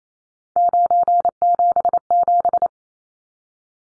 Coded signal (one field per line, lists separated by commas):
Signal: Morse code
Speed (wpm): 28 wpm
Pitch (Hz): 700 Hz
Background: none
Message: 977